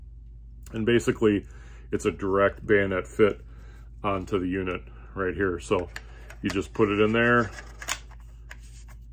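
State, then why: Seated. Someone talks while a PARD NV007V clip-on day and night attachment is pushed into a bayonet-style adapter mounted on a rifle scope's ocular bell, with a few small handling taps around 7.8–8.2 s. A sharp click at 8.5 s marks the unit seating in place, held by its small lever.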